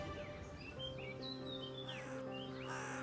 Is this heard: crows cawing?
yes